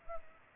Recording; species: mosquito wingbeat signal from an infrared sensor; Culex pipiens